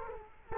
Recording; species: mosquito wingbeat signal from an infrared sensor; Culex quinquefasciatus